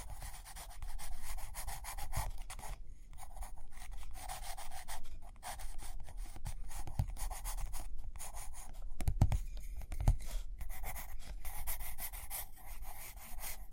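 Paper rubs and scratches almost without a break, a dry, rustling rasp like a pencil drawing or writing across a page. Brief pauses fall near 3, 5.5 and 8 seconds, and a few sharp low taps land around 7, 9 and 10 seconds.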